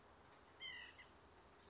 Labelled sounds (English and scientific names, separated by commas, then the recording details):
White-breasted Nuthatch (Sitta carolinensis)
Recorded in Sonoma County, California